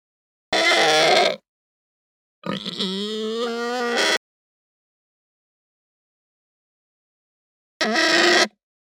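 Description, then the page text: Pig squeals in three bursts, the middle one long and harmonic with pitch ramping upward, separated by silence. Hampshire breed pig; squeal that ramps up, long. "Hampshire Pig Squeal Ramp Up Long. Quick Sounds"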